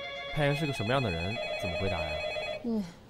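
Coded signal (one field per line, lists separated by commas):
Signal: none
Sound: telephone ringtone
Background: speech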